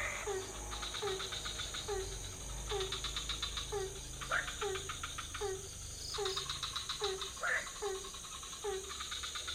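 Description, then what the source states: Frog chorus with steady low croaks repeating regularly, bursts of rapid pulsed rattling calls and a few brighter notes, over faint low rumble. Several frog species in a pond near a hotel, Ubud, Bali, Indonesia, at night; motorbikes passing; recorded with Sony PCM D50, Rode NT4 microphone on boompole.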